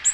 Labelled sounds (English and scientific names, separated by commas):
Blue-winged Warbler (Vermivora cyanoptera) flight call